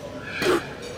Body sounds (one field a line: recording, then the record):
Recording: coughing mixed with background sound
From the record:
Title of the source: 60 coughing still (deep and wet cough)